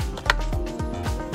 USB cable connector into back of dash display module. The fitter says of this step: USB these will just click right in no need to force them